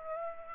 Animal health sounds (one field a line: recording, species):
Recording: mosquito wingbeat signal from an infrared sensor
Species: Aedes aegypti